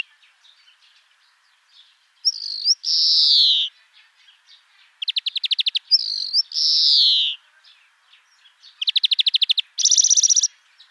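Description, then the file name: European greenfinch singing: two drawn-out nasal wheezes falling in pitch, each followed by fast dry trills, with soft twittering between phrases. "Chloris chloris"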